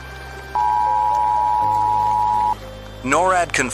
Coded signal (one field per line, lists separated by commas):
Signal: Emergency Alert System (SAME) tones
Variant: 853 and 960 Hz attention tone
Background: speech, music